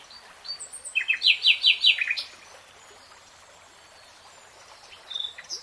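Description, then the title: Nightingale song: a quick flurry of descending, slurred chirps lasting over a second, then near silence with faint high notes toward the end. Nightingale singing, in real time. "[Tiếng chim hót] 3 Hours REALTIME Nightingale Singing"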